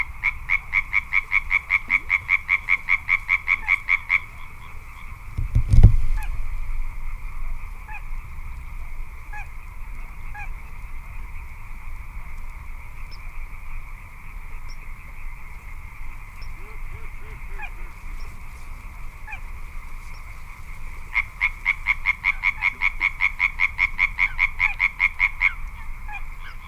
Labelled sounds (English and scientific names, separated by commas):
Little Crake (Porzana parva)